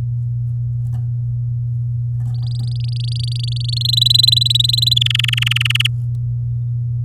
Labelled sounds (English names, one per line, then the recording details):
Domestic Canary song
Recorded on 10 May 2018 at 13:37
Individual llb16